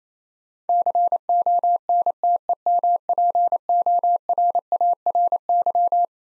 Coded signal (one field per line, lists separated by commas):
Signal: Morse code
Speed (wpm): 28 wpm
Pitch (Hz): 700 Hz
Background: none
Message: CONTEMPORARY